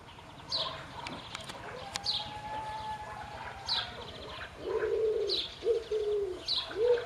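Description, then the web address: Bird calls: short high chirps recurring every second or two, then low hollow cooing notes in the final seconds. "cianscape. Deverinetal. Bird Only"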